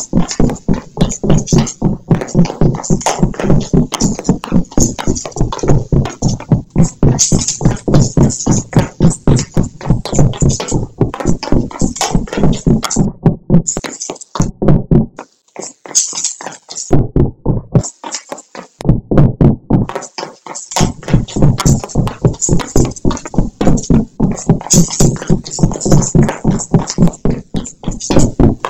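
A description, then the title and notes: Tap dancing with coins jingling in a pocket, a fast, dense stream of sharp clicks and taps. The rhythm runs nearly unbroken, with a few brief pauses between 14 and 21 seconds before resuming just as busily. Tapdance With Coins In Pocket. I recorded myself dancing with coins in my pocket and then mixed it liked this.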